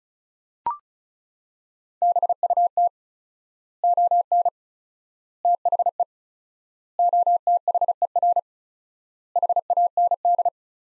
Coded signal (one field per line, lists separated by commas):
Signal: Morse code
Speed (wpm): 34 wpm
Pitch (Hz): 700 Hz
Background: none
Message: BUT ON THE OTHER HAND